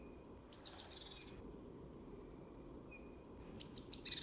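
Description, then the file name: Eurasian blue tit calls: two bursts of high, descending scolding churr notes about three seconds apart, with a faint thin whistle between them and steady background hiss. "Cyanistes caeruleus"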